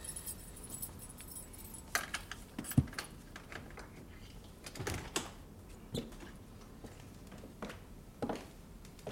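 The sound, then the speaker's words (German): Keys jingle and clink in scattered bursts, bright metallic rattles with sharp clicks among them, over a low background hum with no one speaking. “Na, wo ist denn der Schlüssel?”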